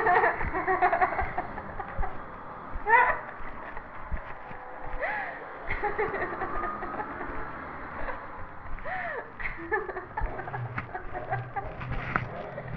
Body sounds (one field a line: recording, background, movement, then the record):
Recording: laughter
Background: traffic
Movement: walking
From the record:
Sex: female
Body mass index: 18.3 kg/m2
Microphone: on the chest, facing the body